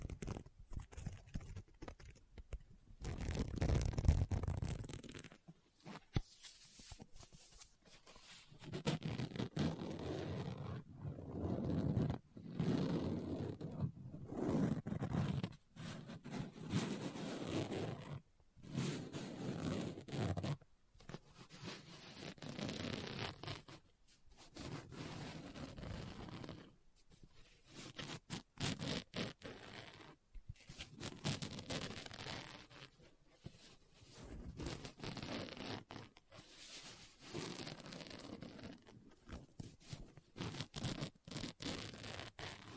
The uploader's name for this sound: Book Tapping, Scratching, Page Turning